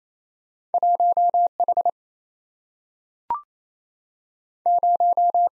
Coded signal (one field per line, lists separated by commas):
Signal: Morse code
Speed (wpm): 27 wpm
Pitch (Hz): 700 Hz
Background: none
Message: 1H 0